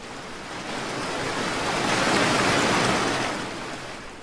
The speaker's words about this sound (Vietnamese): Lần đầu tiên khi thuyền bị hất văng lên, bỗng nghe bụp một tiếng, cơ hồ như có một thứ gì đó bị đập trúng, rồi không còn bất cứ một âm thanh gì khác ngoài tiếng sóng.